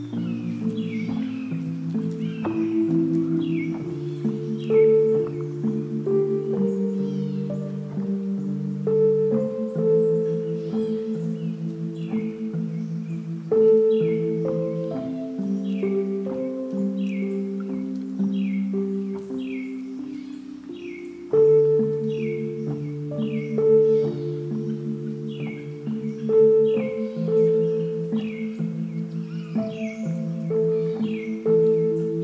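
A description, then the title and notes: Lettuce Lakes in the bald cypress grove: repeated high, falling bird chirps over steady low ringing tones that shift pitch every few seconds. Corkscrew Swamp Sanctuary, just outside of Naples Florida. This is the Lettuce Lakes area, the beating heart of the ancient bald cypress grove.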